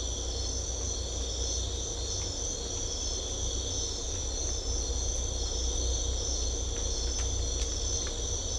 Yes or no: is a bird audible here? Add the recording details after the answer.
no. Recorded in secondary vegetation near Puerto Asís, Putumayo, Colombia, on 18 December 2024 at 05:00. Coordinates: 0.500, -76.326. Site G065